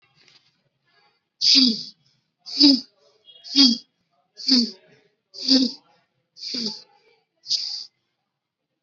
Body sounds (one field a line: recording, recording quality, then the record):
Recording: shallow breathing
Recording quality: excellent, no background noise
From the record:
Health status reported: COVID-19 positive, moderate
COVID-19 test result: positive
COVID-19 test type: RT-PCR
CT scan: not taken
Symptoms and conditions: cough, fever, fatigue, muscle pain, loss of smell and taste, diabetes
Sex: male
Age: 39 years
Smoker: no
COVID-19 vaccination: both doses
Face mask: not worn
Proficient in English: no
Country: India